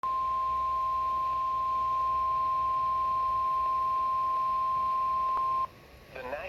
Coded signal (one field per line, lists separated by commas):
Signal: Emergency Alert System (SAME) tones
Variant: 1050 Hz attention tone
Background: speech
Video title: EAS #77: SVR